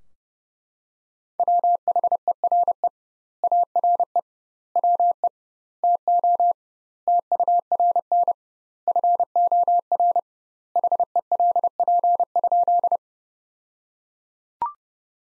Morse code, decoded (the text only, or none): WHERE ARE WE TO TURN FOR HELP?